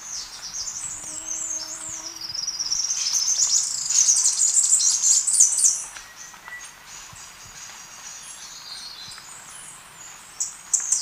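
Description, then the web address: Three-striped warbler song: a thin, high jumble of twittering notes that builds over about five seconds, then fades to faint high chips. Recorded in Ecuador. "Birds of Ecuador. Three-striped Warbler"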